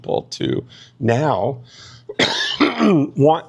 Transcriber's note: cough and clears throat